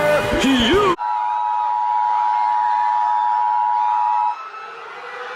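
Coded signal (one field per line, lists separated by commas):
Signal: Emergency Alert System (SAME) tones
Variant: 853 and 960 Hz attention tone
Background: music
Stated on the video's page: Fictional EAS scenario using valid EAS tones.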